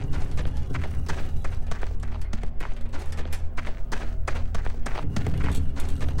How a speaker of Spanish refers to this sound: Un muchacho pasó corriendo frente a mí en dirección al pueblo.